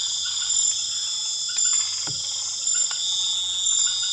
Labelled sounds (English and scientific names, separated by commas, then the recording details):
none
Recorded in pastures near Puerto Asís, Putumayo, Colombia, on 12 March 2025 at 20:30
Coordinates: 0.487, -76.322
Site G077